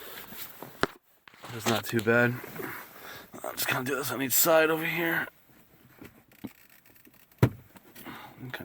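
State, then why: Released. Someone talks while working along one side of a plastic trim panel on a Honda car dashboard. At 7.4 s a retaining clip lets go with a sharp pop, and the clip pops free, releasing that side of the panel.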